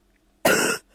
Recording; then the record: coughing mixed with background sound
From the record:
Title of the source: 30 Chesty and wet cough